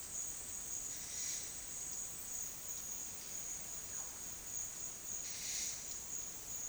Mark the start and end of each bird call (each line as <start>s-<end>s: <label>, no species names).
0.75s-1.52s: bird call
5.17s-5.76s: bird call